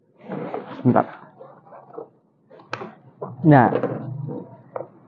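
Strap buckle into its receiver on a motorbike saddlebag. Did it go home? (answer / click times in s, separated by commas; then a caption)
yes / 4.8 s. A plastic strap buckle is pushed into its receiver on a motorbike saddlebag so the load cannot fall off, while someone talks. A sharp click at 4.8 s marks the buckle locking securely into place.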